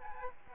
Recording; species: mosquito wingbeat signal from an infrared sensor; Aedes aegypti